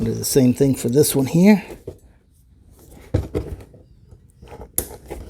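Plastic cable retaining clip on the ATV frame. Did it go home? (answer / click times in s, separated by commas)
yes / 4.8 s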